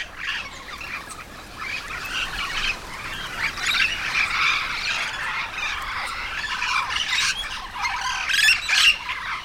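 Yellow-shouldered parrot squawking and chattering steadily in dense harsh notes, growing louder toward the end.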